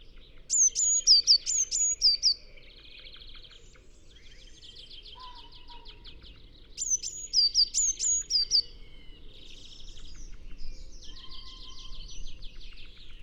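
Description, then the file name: Eurasian blue tit: two sets of sharp high whistled notes, each followed by dry buzzy chattering trills, with soft background noise. "Cyanistes caeruleus"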